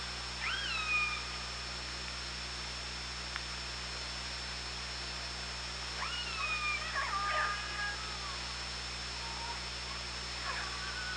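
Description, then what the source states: Killer whale calls, a rising then flattening tone near the start, a longer pair of calls around six to seven seconds, and a brief call near the end, over constant hum. Recorded on the OrcaLab hydrophone, 24 August 2017, 18:05.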